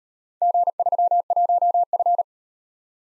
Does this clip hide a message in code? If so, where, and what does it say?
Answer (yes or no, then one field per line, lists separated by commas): yes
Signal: Morse code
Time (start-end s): 0.4-2.2 s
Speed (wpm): 39 wpm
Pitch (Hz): 700 Hz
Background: none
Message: G31F